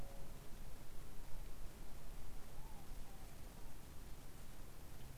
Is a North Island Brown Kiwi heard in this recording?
no